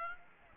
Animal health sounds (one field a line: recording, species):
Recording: mosquito wingbeat signal from an infrared sensor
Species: Aedes aegypti